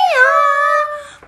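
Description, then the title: Chicken: rooster crow, one clear sustained note with rich harmonics, sliding down briefly at the onset and then held level before trailing off. "Rooster"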